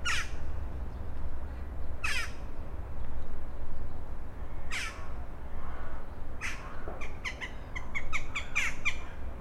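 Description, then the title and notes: Rook calls: widely spaced harsh squawks, then a quick rattling series of short calls toward the end, low rumble behind. Rooks over the Oder at Psie Pole, Wrocław (GPS 51.132998, 17.046448), near the city canal opposite the old grain elevator, 17:30; Sony PCM-D50 recorder, Rode NT4 microphone, FEL BMA preamplifier. "Gawrony nad Odrą Lokalizacja: Psie Pole Czas: , 17.30. Nagrane w Poblizu Kanału Miejskiego - na przeciw starego elewatora zbożowego. Gawrony, odległy sygnał pociągu , przejeżdżające rowery. Autor nagrania: Bartosz Grzyb"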